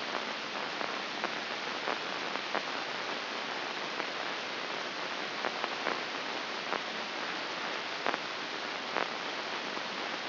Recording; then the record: brain microelectrode recording played as sound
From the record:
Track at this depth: inside the subthalamic nucleus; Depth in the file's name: 3.824 mm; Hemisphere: left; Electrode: 2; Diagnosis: Parkinson's disease